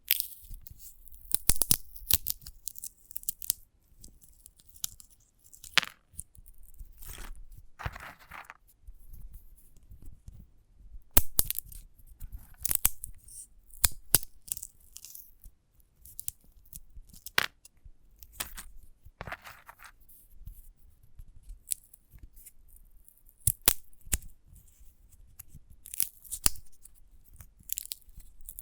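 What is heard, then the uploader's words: A sunflower head is handled in sharp, crisp clicks, snips and tearing scratches that come in irregular bursts throughout, with short quiet gaps between them. The sounds are bright and brittle over a low, soft rumble that stays underneath. ASMR of a Sunflower Head (No Talking).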